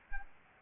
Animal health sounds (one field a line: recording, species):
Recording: mosquito wingbeat signal from an infrared sensor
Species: Aedes albopictus